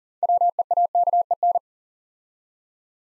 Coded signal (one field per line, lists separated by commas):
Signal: Morse code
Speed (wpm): 42 wpm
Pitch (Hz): 700 Hz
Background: none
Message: WEAKEN